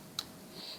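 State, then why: Seated. An objective lens on a microscope's nosepiece turret is rotated until it detents into position, giving one sharp, brief click at 0.2 s. The lens is seated in place. No talk is heard over the quiet background.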